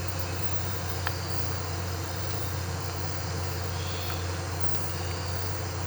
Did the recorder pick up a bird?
no